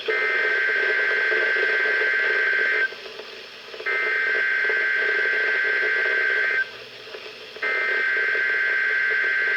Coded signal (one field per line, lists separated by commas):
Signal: Emergency Alert System (SAME) tones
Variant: header bursts